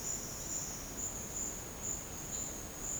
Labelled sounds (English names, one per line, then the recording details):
none
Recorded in secondary vegetation near Puerto Asís, Putumayo, Colombia, on 12 March 2025 at 13:00
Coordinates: 0.485, -76.322
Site G040